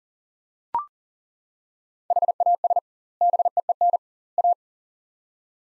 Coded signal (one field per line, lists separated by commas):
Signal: Morse code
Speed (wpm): 38 wpm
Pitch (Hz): 700 Hz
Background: none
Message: HAS BEEN A